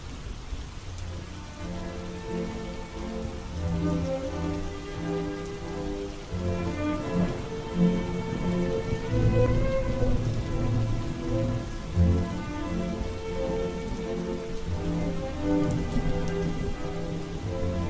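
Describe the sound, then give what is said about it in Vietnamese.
Steady rain patters continuously outside, a dense, even drumming of drops over a low tonal hum, growing slightly heavier midway through. No one speaks. “Ông cứ thở dài sườn sượt, lắng nghe tiếng mưa lộp bộp ngoài kia.”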